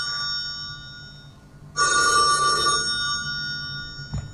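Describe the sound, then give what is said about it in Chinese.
An old-fashioned telephone bell rings in one loud, rattling metallic burst lasting about a second, set against a steady high tone that lingers before and after, ending with a brief click. “哎，我觉得那个电话铃声要不要我们再给大家放一下，然后我们再把那个电话铃声出来。”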